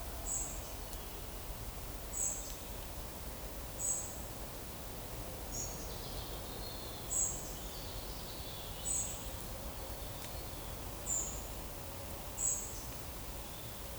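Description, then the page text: Common noctule echolocation: brief, high, downward-sweeping pulses spaced roughly a second and a half apart. A faint hiss and low background noise run underneath. Recorded 2 July 2024 at 03:00 at night by passive acoustic monitoring in a forest monitoring project. "Nyctalus noctula"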